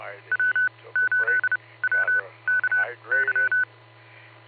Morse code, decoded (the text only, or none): W8WKY